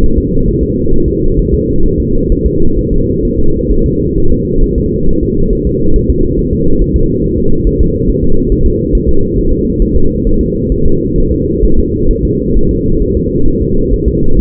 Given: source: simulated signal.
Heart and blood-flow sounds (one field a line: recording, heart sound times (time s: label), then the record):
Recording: fetal heart sounds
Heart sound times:
0.04 s: S1
0.18 s: S2
0.48 s: S1
0.63 s: S2
0.94 s: S1
1.08 s: S2
1.39 s: S1
1.54 s: S2
1.86 s: S1
2.00 s: S2
2.32 s: S1
2.46 s: S2
2.79 s: S1
2.93 s: S2
3.25 s: S1
3.39 s: S2
3.72 s: S1
3.86 s: S2
4.18 s: S1
4.32 s: S2
4.64 s: S1
4.78 s: S2
5.09 s: S1
5.23 s: S2
5.53 s: S1
5.67 s: S2
5.96 s: S1
6.10 s: S2
6.39 s: S1
6.53 s: S2
6.82 s: S1
6.96 s: S2
7.24 s: S1
7.38 s: S2
7.67 s: S1
7.81 s: S2
8.09 s: S1
8.24 s: S2
8.52 s: S1
8.66 s: S2
8.95 s: S1
9.09 s: S2
9.38 s: S1
9.52 s: S2
9.82 s: S1
9.96 s: S2
10.27 s: S1
10.41 s: S2
10.72 s: S1
10.86 s: S2
11.18 s: S1
11.32 s: S2
11.64 s: S1
11.79 s: S2
12.11 s: S1
12.25 s: S2
12.57 s: S1
12.71 s: S2
13.03 s: S1
13.17 s: S2
13.48 s: S1
13.62 s: S2
13.94 s: S1
14.08 s: S2
14.39 s: S1
From the record:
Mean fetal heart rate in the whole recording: 135 bpm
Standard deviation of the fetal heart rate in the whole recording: 3 bpm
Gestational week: 36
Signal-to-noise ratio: -19.1 dB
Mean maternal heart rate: 72 bpm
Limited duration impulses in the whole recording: present